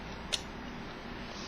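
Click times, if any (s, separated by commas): 0.3 s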